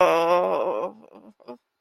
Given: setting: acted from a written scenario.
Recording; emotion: vocal sound without words; embarrassment